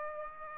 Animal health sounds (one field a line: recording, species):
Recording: mosquito wingbeat signal from an infrared sensor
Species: Aedes aegypti